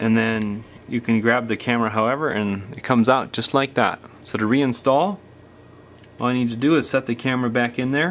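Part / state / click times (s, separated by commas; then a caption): rear camera module into smartphone housing / not seated / none. Someone talks while the rear camera module of an iPhone 5s is lifted out of its recess in the phone's housing, and the replacement module is then set back into that recess to be reinstalled. Only speech and faint background noise are heard. Nothing has seated or clicked yet when the clip ends.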